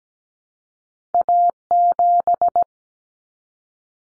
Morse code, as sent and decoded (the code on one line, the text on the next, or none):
.- --...
A7